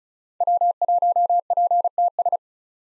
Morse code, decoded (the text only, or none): W1PTS